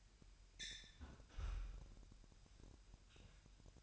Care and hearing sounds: daily activity, microphone in the room; close fridge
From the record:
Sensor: 2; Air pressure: 1001.8 hPa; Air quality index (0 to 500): 247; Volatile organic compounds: 35 ppm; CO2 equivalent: 3069 ppm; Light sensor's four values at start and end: 8/28/11/10 and 8/28/11/10

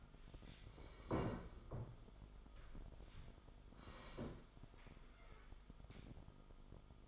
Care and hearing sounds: daily activity, microphone in the room; sit down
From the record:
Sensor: 5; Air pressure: 1005.1 hPa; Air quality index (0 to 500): 107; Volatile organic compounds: 2 ppm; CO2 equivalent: 1312 ppm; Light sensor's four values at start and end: 34/79/32/30 and 34/80/32/30

